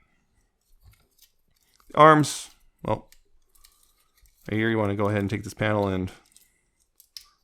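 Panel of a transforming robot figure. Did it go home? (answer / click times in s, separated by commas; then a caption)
yes / 7.2 s. Someone talks while handling a Masterpiece MP-50 Tigatron transforming robot figure, with faint small clicks and taps between the words. A plastic panel of the figure is untabbed and moved up, and it clicks into place with a sharp click at 7.2 s.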